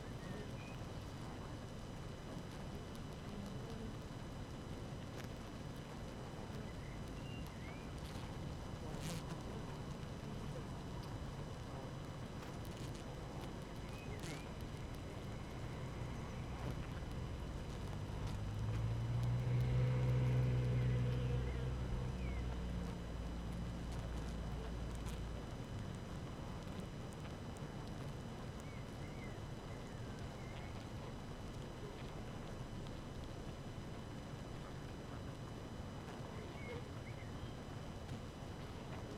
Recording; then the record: honeybee colony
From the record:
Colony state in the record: active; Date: 12 June 2018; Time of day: 5:35